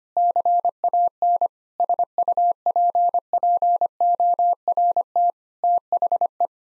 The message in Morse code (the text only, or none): CAN SUPPORT THE